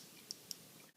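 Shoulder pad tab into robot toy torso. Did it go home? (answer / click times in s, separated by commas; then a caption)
yes / 0.3 s, 0.5 s. The plastic shoulder pad of a Transformers Prime Beast Hunters Ultra Magnus transforming robot toy is rotated up and around, then its tabs are pressed into the torso. Two short, sharp clicks are heard at 0.3 s and 0.5 s. The tabs click into place and the shoulder pad is seated.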